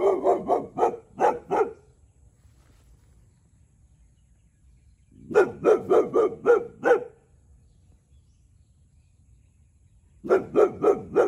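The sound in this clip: Boxer dog barking in three quick bursts of about five to seven sharp barks each, separated by quiet pauses of a few seconds.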